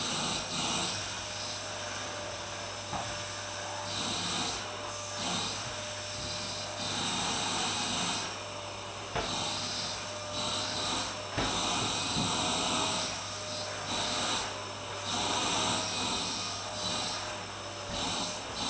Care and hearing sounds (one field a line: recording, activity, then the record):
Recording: daily activity, microphone in the room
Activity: vacuum cleaning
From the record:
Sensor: 2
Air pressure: 1009.5 hPa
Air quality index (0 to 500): 187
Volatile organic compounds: 12 ppm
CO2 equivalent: 2325 ppm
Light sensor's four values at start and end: 25/60/26/28 and 25/60/26/28